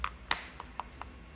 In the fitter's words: Then we press fit the translucent cover until we hear a satisfying click.